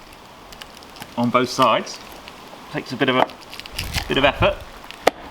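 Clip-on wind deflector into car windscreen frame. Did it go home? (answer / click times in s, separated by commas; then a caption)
yes / 5.1 s. A plastic clip-on wind deflector panel is pushed into its mounting on the side of a Mini Roadster's windscreen frame while someone talks, with a few faint ticks of handling before it. After some effort it snaps into place with a sharp click at 5.1 s and is seated.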